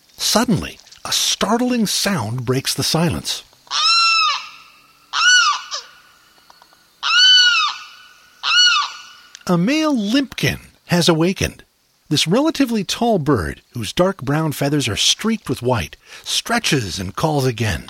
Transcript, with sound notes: Suddenly, a startling sound breaks the silence. [Loud Limpkin call] A male Limpkin has awakened! This relatively tall bird, whose dark brown feathers are streaked with white, stretches and calls again.